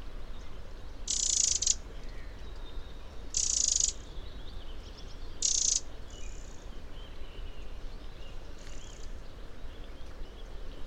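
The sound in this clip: Eurasian wren calls: three loud, rasping churr bursts about two seconds apart, then fainter buzzy notes, with thin high tones and steady low background noise.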